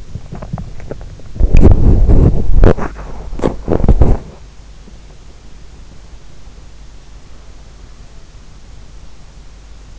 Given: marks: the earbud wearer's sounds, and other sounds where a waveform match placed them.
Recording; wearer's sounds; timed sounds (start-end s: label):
sounds in sleep by an in-ear microphone; body movement
0.00-6.47 s: body movement